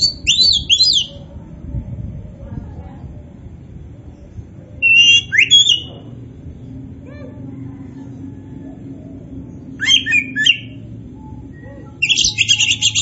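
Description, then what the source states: Oriental magpie-robin delivering several short, scratchy bursts of mixed whistles and chatter, spaced a few seconds apart, above a low rumbling background. Local Indonesian name kacer poci, a magpie-robin variety; described as gacor, singing vigorously and continuously.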